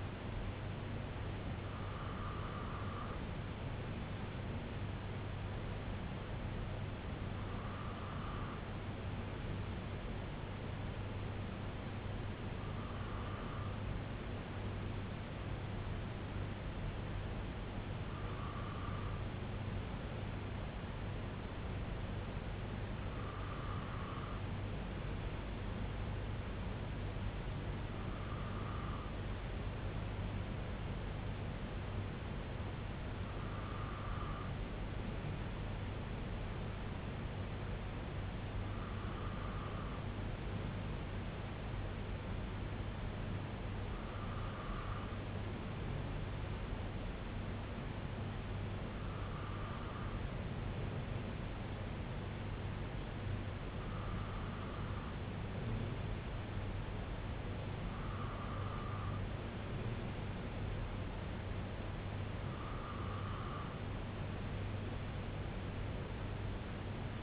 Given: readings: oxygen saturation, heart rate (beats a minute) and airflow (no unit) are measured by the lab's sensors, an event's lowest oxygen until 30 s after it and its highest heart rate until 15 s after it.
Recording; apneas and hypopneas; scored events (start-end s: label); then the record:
breathing in sleep by a voice recorder at the bedside; none
none scored
From the record:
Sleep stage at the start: N2 (light sleep); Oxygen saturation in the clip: 94 to 95%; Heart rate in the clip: 57 to 68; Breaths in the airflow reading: 13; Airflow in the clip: -4.4 to 2.5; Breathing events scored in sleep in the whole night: 258 in 7.4 hours asleep